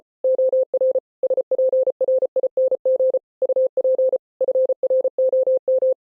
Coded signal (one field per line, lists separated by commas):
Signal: Morse code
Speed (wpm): 33 wpm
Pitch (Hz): 520 Hz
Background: none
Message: OR SPRING UP FROM